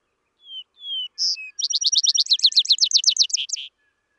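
Vesper sparrow singing one full phrase: two slurred whistled notes, a higher note, then a long run of quick, bright trilled notes.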